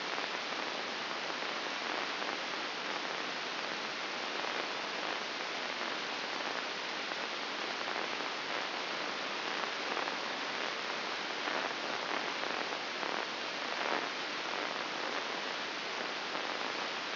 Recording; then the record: brain microelectrode recording played as sound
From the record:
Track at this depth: outside the subthalamic nucleus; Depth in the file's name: 7.46 mm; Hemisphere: left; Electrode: 2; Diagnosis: Parkinson's disease